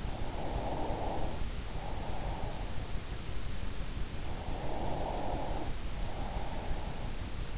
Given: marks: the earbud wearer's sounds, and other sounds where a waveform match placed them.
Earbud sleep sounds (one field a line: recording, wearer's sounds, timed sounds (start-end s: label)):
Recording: sounds in sleep by an in-ear microphone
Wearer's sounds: breath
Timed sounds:
0.00-3.14 s: breath
4.18-7.25 s: breath